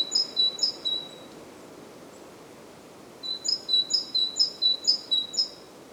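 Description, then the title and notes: Great tit song: ringing two-note phrases, a short burst, a pause, then a longer run of rhythmic repeats over quiet background. Recorded at Głodówka, Žilina Region, Slovakia, with a Zoom F3 recorder and Usi Pro microphones. "Głodówka, Kraj żyliński, Słowacja - Great voice of a great tit. Recordist: Maciej Wirmański"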